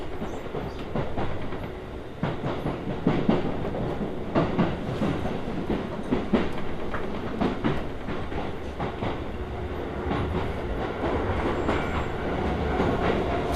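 A Hokuso Railway train running through to the Toei Asakusa Line, heard as a steady, dense low rumble that never lets up. Rail joints click through it every second or so, with a faint held tone appearing now and then in the background.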